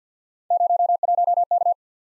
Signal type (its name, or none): Morse code